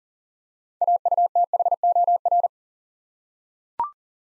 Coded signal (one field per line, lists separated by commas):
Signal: Morse code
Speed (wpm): 40 wpm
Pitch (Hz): 700 Hz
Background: none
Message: AUTHOR